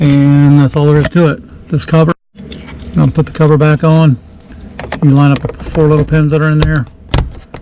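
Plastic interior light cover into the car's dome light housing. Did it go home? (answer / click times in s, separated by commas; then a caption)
yes / 7.1 s. Someone talks while refitting the plastic lens cover of a Nissan 370Z's interior dome light, lining up its four small pins with the housing and pushing it up. A sharp click at 7.1 s marks the cover seating in place, followed by a few faint ticks.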